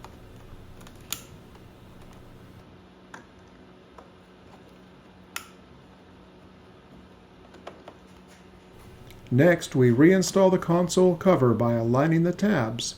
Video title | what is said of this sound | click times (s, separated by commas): 2024 Ski-Doo Rev Gen 5 Backcountry Under the Hood | Reconnect the 2 electrical connectors. They'll seat with a solid click. | 1.1 s, 5.4 s